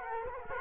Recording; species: mosquito wingbeat signal from an infrared sensor; Culex quinquefasciatus